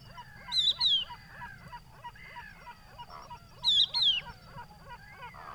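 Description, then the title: Crested lark calling twice, each a pair of clear descending whistles, above a busy background of honking, nasal bird calls. Adult calling to its fellows with a plaintive whistled call, hidden in Camargue salt marsh, Etang du Vaccarès, 5 September 2020, about an hour after sunrise; Nagra Seven, Telinga Pro7. "COCHEVIS DU VACCARES"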